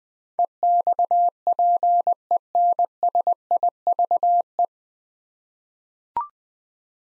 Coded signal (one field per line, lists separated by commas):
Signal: Morse code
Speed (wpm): 21 wpm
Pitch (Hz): 700 Hz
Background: none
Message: EXPENSIVE